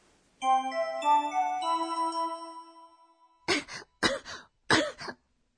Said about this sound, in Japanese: どうしましたか？ 咳が出ます。 熱も 37.8 度あります。